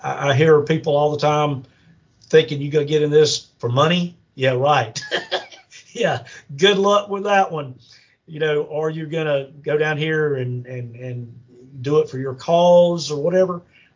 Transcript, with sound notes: I hear people all the time thinking you’ve got to get in this for money. Yeah, right! (laughs) Yeah, good luck with that one! Or you’re going to go down here and do it for your cause or whatever?